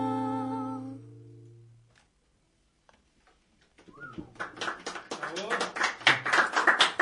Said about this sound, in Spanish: Gracias. Aplausos, aplausos.